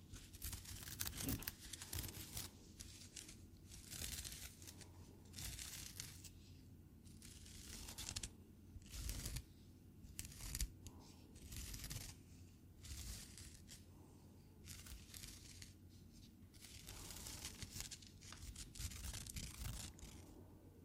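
Squeezing, crinkling and scratching sounds come in repeated bursts of bright, rustling noise, each lasting a second or so, with brief pauses between them throughout. A steady low hum runs underneath, and a few sharper taps stand out, near one second and around nine to ten seconds.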